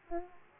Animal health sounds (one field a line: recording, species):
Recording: mosquito wingbeat signal from an infrared sensor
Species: Aedes aegypti